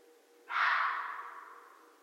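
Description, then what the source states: Red fox, one abrupt call, rough and breathy, tapering off gradually into quiet. Recorded 13 January 2012.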